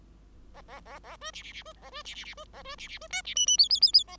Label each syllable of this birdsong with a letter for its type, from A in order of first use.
A A A A B C C C B A B C C C B A B C C B D C E E F F F F A